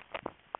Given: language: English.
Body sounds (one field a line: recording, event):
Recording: throat vibration sensor signal played as sound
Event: swallow